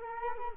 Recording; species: mosquito wingbeat signal from an infrared sensor; Culex quinquefasciatus